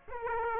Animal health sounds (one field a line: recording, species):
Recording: mosquito wingbeat signal from an infrared sensor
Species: Aedes aegypti